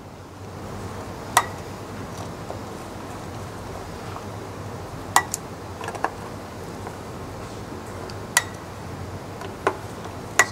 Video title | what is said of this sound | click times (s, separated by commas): One reason to never take your hard drive apart | uh and basically when I set each one you'll actually hear a little click um because it's actually set to the right | 1.4 s, 5.2 s, 8.4 s, 10.4 s